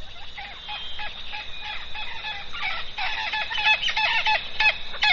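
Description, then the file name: Hispaniolan parrot chattering steadily in quick, harsh notes, growing louder toward the end. "Amazona ventralis - Cotorra"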